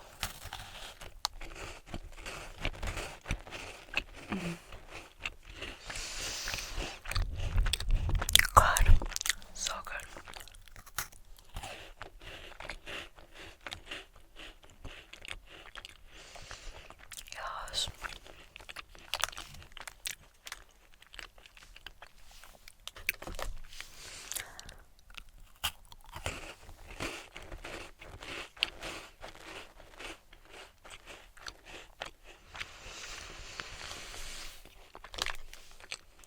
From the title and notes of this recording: ASMR Eating German Snacks.